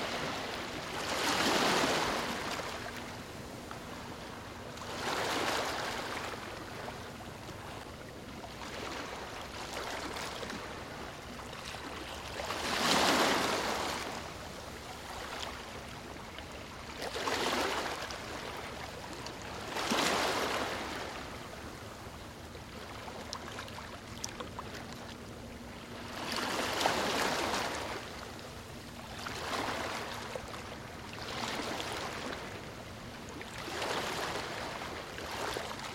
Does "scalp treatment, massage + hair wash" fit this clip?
no